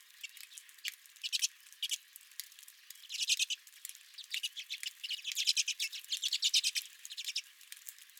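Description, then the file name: Redpoll chatter: fast trains of sharp, slightly buzzy notes that build into a busier, louder run toward the end. Several redpolls at the recordist's feeder. "Redpolls at My Feeder"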